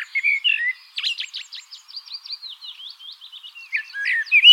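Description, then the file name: Common blackbird, a brief mellow warble, then a long series of quick, thin, scratchy notes, closing with a fluted flourish. "Turdus merula"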